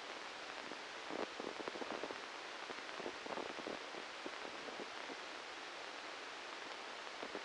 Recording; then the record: brain microelectrode recording played as sound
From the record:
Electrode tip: inside the subthalamic nucleus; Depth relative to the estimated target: 0 mm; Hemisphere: left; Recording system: NeuroSet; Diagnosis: Parkinson's disease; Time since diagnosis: 13 years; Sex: male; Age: 63 years